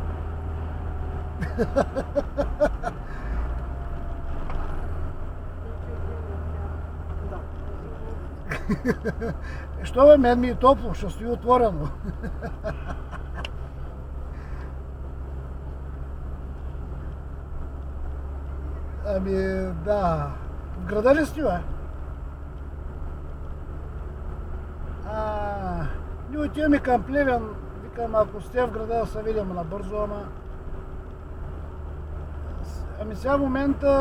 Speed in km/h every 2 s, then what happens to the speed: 75, 73, 67, 60, 55, 52, 52, 51, 52, 53, 54, 54, 56, 58, 58, 58, 57.
0-10 slows to 52. 10-34 steady at about 54.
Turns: none.